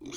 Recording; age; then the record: pig call; weaner (32 to 43 days)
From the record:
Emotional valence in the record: negative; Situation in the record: long isolation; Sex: female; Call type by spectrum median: low-frequency call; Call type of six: mixed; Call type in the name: high-frequency modulated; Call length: 0.18 s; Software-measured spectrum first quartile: 338 Hz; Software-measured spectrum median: 1721 Hz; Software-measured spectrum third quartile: 5078 Hz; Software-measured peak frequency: 329 Hz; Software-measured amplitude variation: 128 dB a second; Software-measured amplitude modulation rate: 19.7 a second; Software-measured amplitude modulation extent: 6.5 dB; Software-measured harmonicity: 4.8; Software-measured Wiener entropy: -3.82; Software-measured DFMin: 1007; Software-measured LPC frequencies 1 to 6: 337, 1293, 2302, 3354, 4008, 4782 Hz